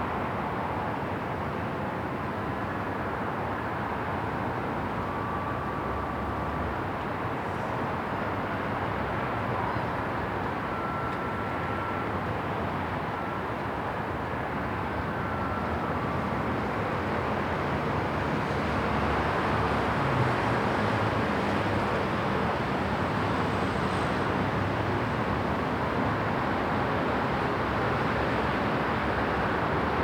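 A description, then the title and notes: A steady, dense roar of city traffic on a busy Taipei night, rumbling low and swelling louder after about fifteen seconds, with faint brief tones. Busy night of Taipei city on a rooftop.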